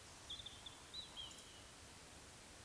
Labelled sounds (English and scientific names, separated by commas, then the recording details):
Eurasian Woodcock (Scolopax rusticola) whistle, Eurasian Woodcock (Scolopax rusticola) croak
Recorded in Baden-Württemberg, Germany, on 19 June 2020 at 19:47 UTC
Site 49006, 684 m above sea level